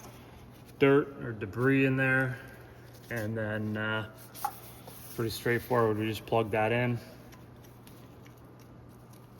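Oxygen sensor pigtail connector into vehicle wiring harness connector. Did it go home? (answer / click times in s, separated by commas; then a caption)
no / none. Someone talks while the oxygen sensor pigtail connector for Bank 1 Sensor 2 on a 2010 Dodge Ram 3500 6.7L, being serviced for a P0137 circuit low code, is handled and lined up with the clean, debris-free body-side wiring harness connector before being pushed home. Only faint ticks follow after the talking stops, and nothing has seated or clicked yet.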